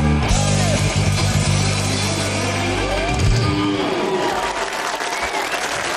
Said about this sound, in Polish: Jeszcze raz! Wielkie brawa!